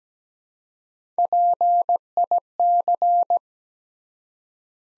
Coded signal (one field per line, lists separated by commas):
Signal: Morse code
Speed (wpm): 17 wpm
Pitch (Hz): 700 Hz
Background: none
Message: PIC